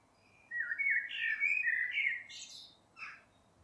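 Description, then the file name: Eurasian blackbird song: a flowing, mellow warble of about two seconds with a sharp high twittering ending, then one short separate note. "Turdus merula"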